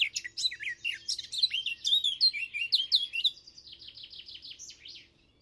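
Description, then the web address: Eurasian blackcap song: a fast rush of varied warbled and whistled notes, then a run of repeated downward-slurred notes that fades out near the end. "chant didier collin fauvette a tete noire"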